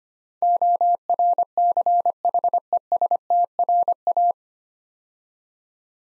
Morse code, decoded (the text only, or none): ORCHESTRA